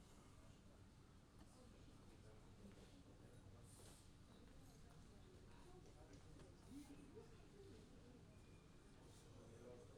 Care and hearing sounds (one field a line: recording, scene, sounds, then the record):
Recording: everyday scene through a hearing-aid microphone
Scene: many people talking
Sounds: many voices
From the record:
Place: university cafeteria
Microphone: in the ear canal, left